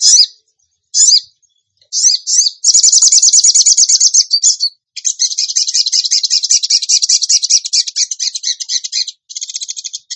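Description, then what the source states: Bird song: short looping whistled phrases that run into a long, fast, high chattering trill lasting several seconds. Masteran training recording for cage birds in the tembakan gacor song style.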